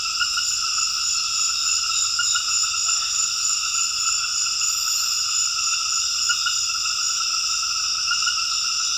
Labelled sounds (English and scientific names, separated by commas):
none